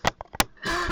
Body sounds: coughing mixed with background sound

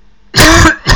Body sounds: coughing

